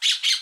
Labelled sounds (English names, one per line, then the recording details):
Brown-throated Parakeet contact call
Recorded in Aruba
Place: Cunucu Arikok, S side of Ceru Arikok
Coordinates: 12.502, -69.950